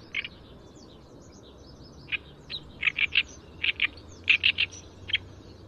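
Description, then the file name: Oriental reed warbler singing rasping, croaky syllables singly or in short clusters of up to four, with pauses between, against faint high-pitched chirping and background hiss. "東方大葦鶯"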